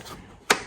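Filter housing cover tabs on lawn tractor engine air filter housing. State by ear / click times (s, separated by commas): seated / 0.5 s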